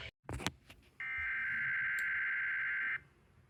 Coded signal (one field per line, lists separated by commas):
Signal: Emergency Alert System (SAME) tones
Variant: header bursts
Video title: EAS 6840-6921 - My last EAS Comp before Rebrand and 2025